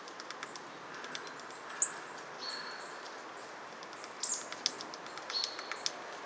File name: Poecile palustris